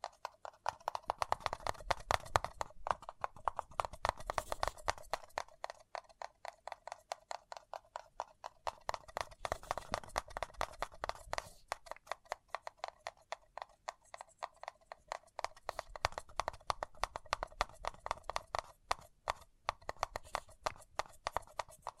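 Fingers tap and scratch on a paper cup in quick, dense bursts of dry clicks that run through the whole clip. The tapping hollowly rings in the middle range, with soft low thumps under it, and the pace swells and thins in uneven waves.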